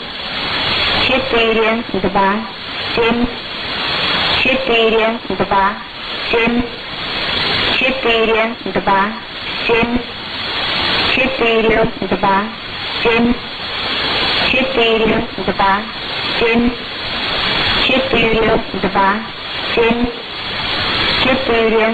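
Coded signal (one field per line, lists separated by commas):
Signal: numbers station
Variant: S06s, Russian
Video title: 19 03 2019 S06s Russian Lady numbers station in Russian to Eu 0731 on 7425 unknown tx site USB+AM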